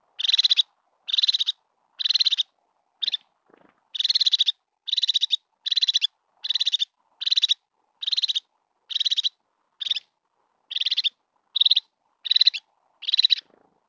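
Crested tit calls, short high purring rattles repeated in a steady series, with nothing else audible.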